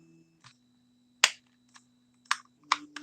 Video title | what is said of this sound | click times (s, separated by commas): T3DP Live Phrozen Sonic Mini Resin 3D Printer | so all the Locking tabs work | 1.2 s, 2.3 s, 2.7 s